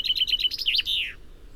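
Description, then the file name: Common chaffinch song, a brisk run of repeated chirps, closing with a quick flourish and a long downward slide, then quiet. "Fringilla coelebs"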